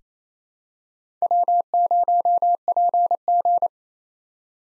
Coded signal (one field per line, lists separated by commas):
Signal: Morse code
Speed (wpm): 27 wpm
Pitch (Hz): 700 Hz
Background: none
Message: W0PG